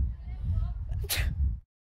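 A single sneeze from a woman: a short catch of breath, then one sharp, hissing burst lasting about a quarter second. A steady low rumble runs underneath.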